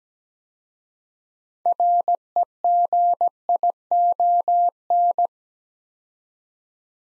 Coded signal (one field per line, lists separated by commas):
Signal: Morse code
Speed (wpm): 17 wpm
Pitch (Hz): 700 Hz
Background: none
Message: REGION